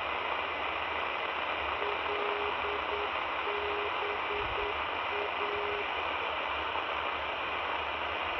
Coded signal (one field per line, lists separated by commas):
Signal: Morse code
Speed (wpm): 9 wpm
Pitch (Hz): 410 Hz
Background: none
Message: LBA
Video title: Leeds Bradford Airport (LBA) Non Directional Beacon. 405Khz